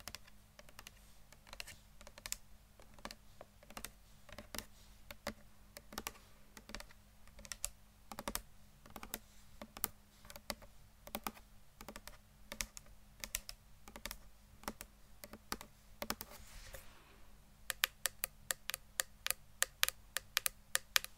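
Tapping on a keyboard, crisp clicky strikes, coming in uneven bursts with brief pauses between runs. After about seventeen seconds the keystrokes speed up into a quicker, denser patter. A low steady hum runs underneath throughout.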